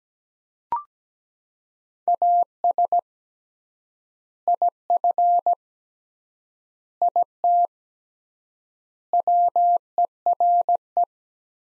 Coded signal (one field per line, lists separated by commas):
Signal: Morse code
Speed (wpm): 17 wpm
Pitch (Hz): 700 Hz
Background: none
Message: AS IF IT WERE